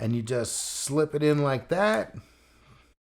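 Someone talks while handling a US two-blade plug adapter that is being slipped onto a power supply brick. Nothing has seated or clicked yet; the clip ends just before the adapter locks into place, leaving only a faint low background after about 2.2 seconds.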